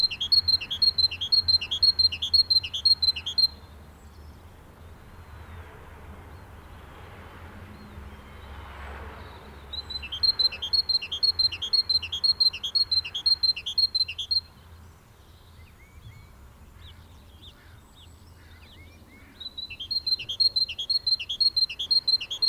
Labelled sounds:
Great Tit (Parus major) call
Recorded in the wild
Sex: pair
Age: adult
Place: Garmisch-Partenkirchen, Bayern, DE
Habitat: urban area
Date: 1968-04-19
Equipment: Nagra, Vollspur
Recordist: Tretzel, Erwin

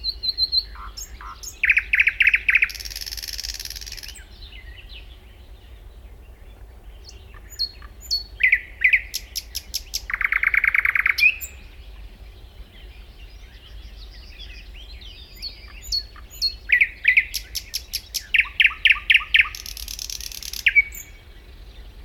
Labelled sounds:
Thrush Nightingale (Luscinia luscinia) song
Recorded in the wild
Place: Schaabe, Insel Rügen, Mecklenburg-Vorpommern, DE
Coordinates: 54.57, 13.45
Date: 1969-05-22
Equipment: NAGRA III BH, Sennheiser MD21
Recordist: Schubert, Michael
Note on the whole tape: Nähe Forsthaus Gelm: Gesang Sprosser, nur mit MD 121 (z. T. übersteuert !)

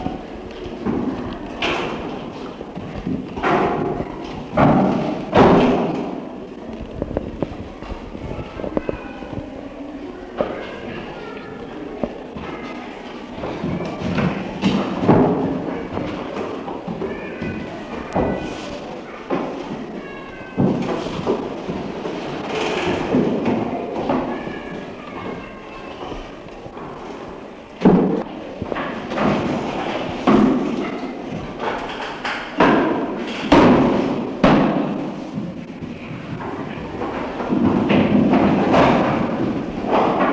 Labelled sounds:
Chimpanzee (Pan troglodytes)
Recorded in captivity
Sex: male
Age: adult
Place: Tierpark Berlin, Berlin, DE
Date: 1966-10-05
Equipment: Tesla Uran
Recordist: unbekannt, keine Angabe

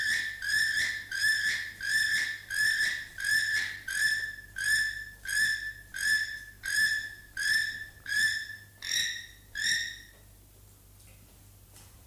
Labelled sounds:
Keel-billed Toucan (Ramphastos sulfuratus) call
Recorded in captivity
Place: Tiergarten Wilhelma/Stuttgart, Baden-Württemberg, DE
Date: 2005-03-14 11:11
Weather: heiter, 4-8°C
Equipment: Sony WM-D6C, Sony ECM-MS 907, Kopie Uher 4000 Report Monitor
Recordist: Tembrock, Günter

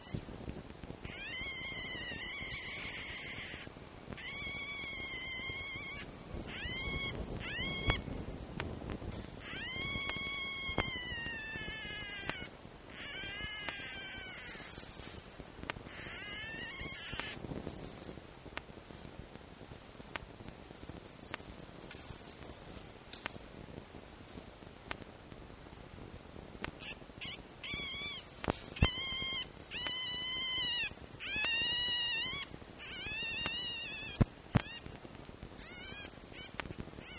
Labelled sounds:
Red Fox (Vulpes vulpes)
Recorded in captivity
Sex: male
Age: juvenile
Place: Zoologisches Institut der HUB, Berlin, DE
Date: 1955-04-22 12:30
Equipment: Elmetra
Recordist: Tembrock, Günter

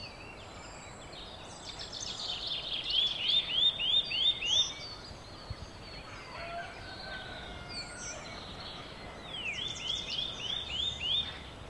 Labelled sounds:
Eurasian Nuthatch (Sitta europaea) song
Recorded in the wild
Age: adult
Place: Bled, SI
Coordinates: 46.37, 14.11
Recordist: Brunner, Thomas
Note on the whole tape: Anfang 1971, bei Tante Ivanka in Bled: Gesang eines Kleibers

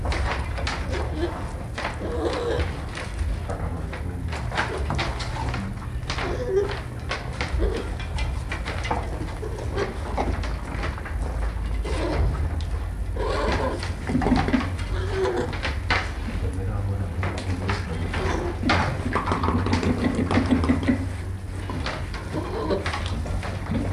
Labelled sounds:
Sun Bear (Helarctos malayanus) call
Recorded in captivity
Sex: diverse
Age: diverse
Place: Tierpark Berlin, Berlin, DE
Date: 1961-11-25 16:30
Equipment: Minifon, Kopie Smaragd
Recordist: Tembrock, Günter

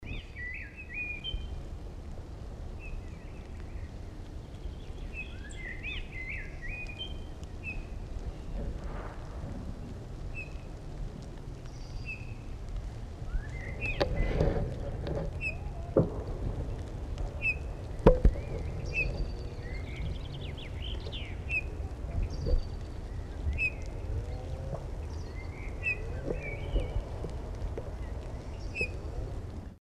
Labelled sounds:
Eurasian Bullfinch (Pyrrhula pyrrhula) call, Common Blackbird (Turdus merula)
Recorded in the wild
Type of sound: call
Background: Turdus merula
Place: Garmisch-Partenkirchen, Bayern, DE
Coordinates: 47.4761, 11.0247
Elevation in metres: 750
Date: 1980-03-31
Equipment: Uher 4000, Sennheiser MKH 415 T
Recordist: Tretzel, Erwin
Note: Höhe über Grainau, Garmisch-Partenkirchen: Rufe

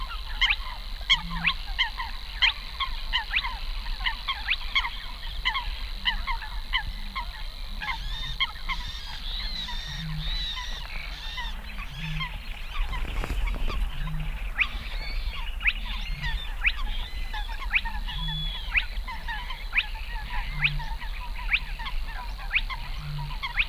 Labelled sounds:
Spotted Crake (Porzana porzana)
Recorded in the wild
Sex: male
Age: adult
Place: Kützerhof, Kummerower See, Mecklenburg-Vorpommern, DE
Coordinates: 53.8442, 12.8389
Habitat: wetland
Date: 2009-05-05 21:13
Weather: bewölkt, fast windstill, 10°C
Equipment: Sound Devices 702, Sennheiser MKH 70, Rycote Windschutz
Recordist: Frommolt, Karl-Heinz

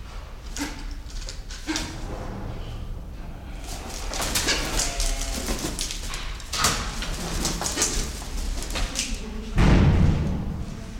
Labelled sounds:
Silvery-cheeked Hornbill (Bycanistes brevis)
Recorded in captivity
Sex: pair
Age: adult
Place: Zoo Berlin, Berlin, DE
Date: 1993-01-30
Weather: -6°C, sonnig
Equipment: Marantz CP 430, Sennheiser ME 80, Kopie Uher Variocord 263
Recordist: Tembrock, Günter

